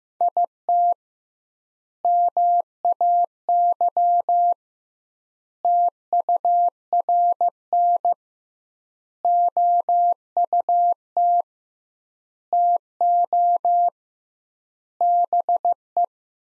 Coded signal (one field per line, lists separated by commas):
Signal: Morse code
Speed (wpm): 15 wpm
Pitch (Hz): 700 Hz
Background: none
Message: IT MAY TURN OUT TO BE